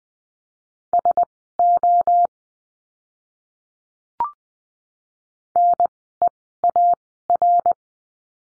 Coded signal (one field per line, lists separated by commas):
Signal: Morse code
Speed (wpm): 20 wpm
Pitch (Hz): 700 Hz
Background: none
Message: SO NEAR